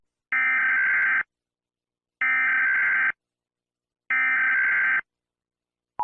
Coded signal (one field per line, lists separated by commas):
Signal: Emergency Alert System (SAME) tones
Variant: header bursts